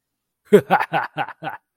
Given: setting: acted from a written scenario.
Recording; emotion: vocal sound without words; elation